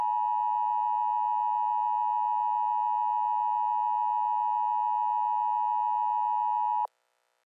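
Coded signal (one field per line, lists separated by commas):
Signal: Emergency Alert System (SAME) tones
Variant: 853 and 960 Hz attention tone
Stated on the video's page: Fictional scenario, not a real alert.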